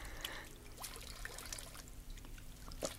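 Water is poured for drinking in a steady, gurgling trickle with a few brighter splashes and drips, fairly faint over a low background hum, with no voices.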